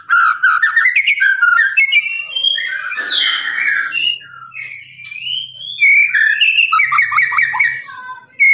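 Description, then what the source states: Lovebird song, rapid trilled chatter, a harsh noisy burst, then clear whistles and another fast trilled run. Long trilling ngekek song of a lovebird, used as a master recording for training birds.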